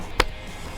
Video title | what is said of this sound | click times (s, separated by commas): BEST Flymo strimmer? Mini Trim ST garden trimmer review and unboxing | got to really twist it hard till it clicks | 0.2 s